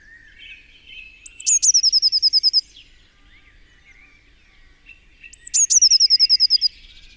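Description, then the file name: Eurasian blue tit song: a thin high opening note running straight into a fast, even trill, heard twice, over faint lower chatter. "Cyanistes caeruleus"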